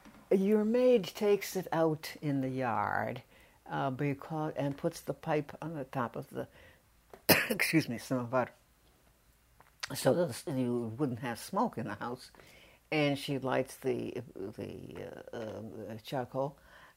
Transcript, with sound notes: Your maid takes it out in the yard becau--and puts the pipe on the top of the —— [coughs] excuse me. Samovar, so that you wouldn't have smoke in the house, and she lights the — the charcoal.